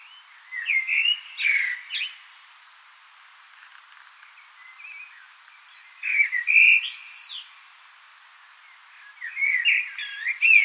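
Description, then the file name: Common blackbird song in three bursts of fluty warbles mixed with thin, high chattering notes, separated by quieter gaps. "Turdus merula"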